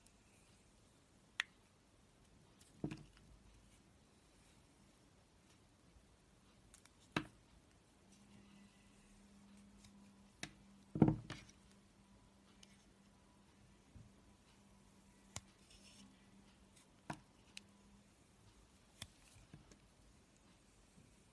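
Soap being carved: sparse soft scrapes and clicks every second or two, a sharper knock near eleven seconds, over a faint low hum.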